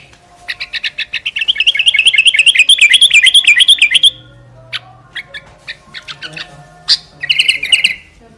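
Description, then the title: Sooty-headed bulbul song: a sustained, quavering rattling trill for about four seconds, then scattered sharp chirps and a final short trill. "Kutilang"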